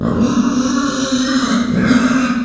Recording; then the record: squeal of a Yucatan mini pig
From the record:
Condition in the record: after surgery on the right vocal fold (resection and tissue-engineered implant); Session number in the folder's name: 9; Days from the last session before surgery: 65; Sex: female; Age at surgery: 19 weeks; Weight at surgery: 25 kg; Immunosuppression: prednisolone